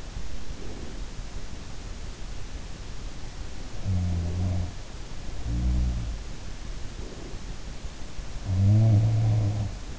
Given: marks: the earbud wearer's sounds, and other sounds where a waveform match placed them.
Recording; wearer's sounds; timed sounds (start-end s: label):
sounds in sleep by an in-ear microphone; breath
0.00-1.35 s: breath
3.68-6.20 s: sound from someone else or the room
8.30-9.99 s: sound from someone else or the room